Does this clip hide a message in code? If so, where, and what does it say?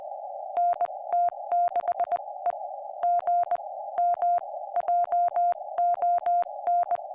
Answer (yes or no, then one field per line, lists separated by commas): yes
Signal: Morse code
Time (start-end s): 0.6-7.0 s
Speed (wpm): 21 wpm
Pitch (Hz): 700 Hz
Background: none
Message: NT6E GM JON